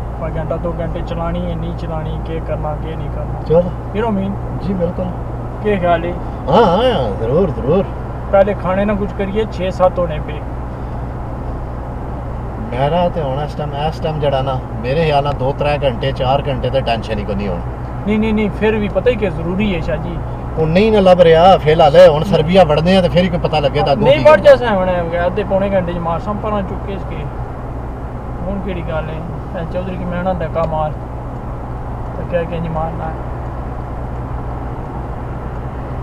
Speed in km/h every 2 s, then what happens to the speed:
87, 89, 89, 90, 90, 90, 89, 90, 90, 90, 89, 90, 90, 90, 90, 90, 92, 92.
0-36 steady at about 90.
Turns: none.